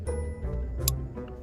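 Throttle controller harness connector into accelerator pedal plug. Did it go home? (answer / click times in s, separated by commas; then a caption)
yes / 0.9 s. A Pedal Commander throttle controller harness plug, for a 2020 Jeep Grand Cherokee Limited X, is lined up with the prongs of the accelerator pedal plug and pushed in. Over steady tonal background music, it gives one sharp plastic click at 0.9 s and seats.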